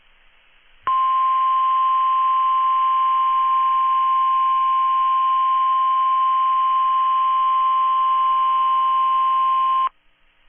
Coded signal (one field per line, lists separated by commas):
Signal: Emergency Alert System (SAME) tones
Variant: 1050 Hz attention tone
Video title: Tests, Tests are everywhere. (EAS #845-#854)